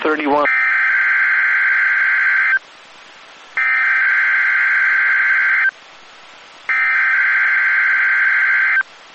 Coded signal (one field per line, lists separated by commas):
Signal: Emergency Alert System (SAME) tones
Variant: header bursts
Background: speech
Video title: 2022 Tsunami Communications Drill & Weekly Tests (EAS #1043-#1055)